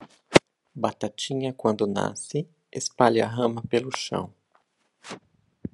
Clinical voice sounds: short text; Brazilian Portuguese; male; 50 to 59 years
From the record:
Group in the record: control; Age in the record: 54 years

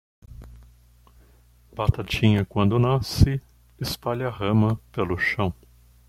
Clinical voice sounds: short text; Brazilian Portuguese; male; 40 to 49 years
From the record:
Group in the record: control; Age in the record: 40 years

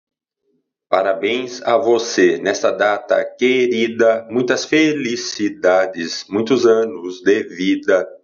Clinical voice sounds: short text; Brazilian Portuguese; male; 40 to 49 years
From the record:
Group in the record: control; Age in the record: 49 years

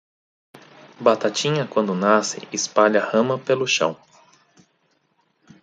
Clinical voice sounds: short text; Brazilian Portuguese; male; 40 to 49 years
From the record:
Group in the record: control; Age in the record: 43 years

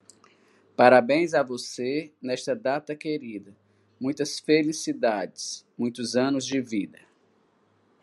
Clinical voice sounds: short text; Brazilian Portuguese; male; 50 to 59 years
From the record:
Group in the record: control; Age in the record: 53 years

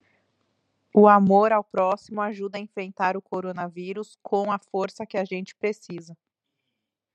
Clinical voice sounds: spoken sentence; Brazilian Portuguese; female; 30 to 39 years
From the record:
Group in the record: control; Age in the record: 32 years

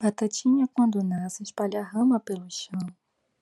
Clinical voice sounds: short text; Brazilian Portuguese; female; 20 to 29 years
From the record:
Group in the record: control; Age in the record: 25 years

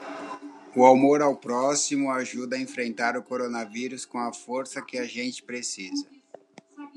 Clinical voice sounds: spoken sentence; Brazilian Portuguese; male; 50 to 59 years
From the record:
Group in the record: control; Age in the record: 53 years

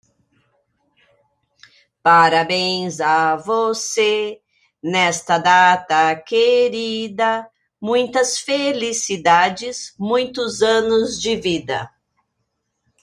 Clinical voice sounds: short text; Brazilian Portuguese; female; 60 to 69 years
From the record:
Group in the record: control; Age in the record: 60 years

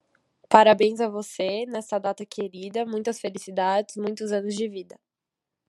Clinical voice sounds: short text; Brazilian Portuguese; female; 20 to 29 years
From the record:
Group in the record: control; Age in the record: 23 years

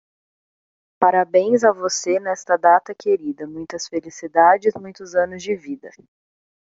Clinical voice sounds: short text; Brazilian Portuguese; female; 20 to 29 years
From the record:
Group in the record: control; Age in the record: 28 years

